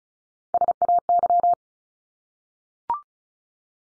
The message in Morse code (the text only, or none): SAY